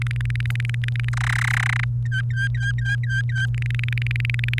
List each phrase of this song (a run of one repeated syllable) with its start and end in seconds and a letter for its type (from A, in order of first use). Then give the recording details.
0.02-1.09 A, 1.13-1.84 B, 2.06-3.46 C, 3.54-4.59 A. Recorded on 29 April 2018 at 17:47. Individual llb3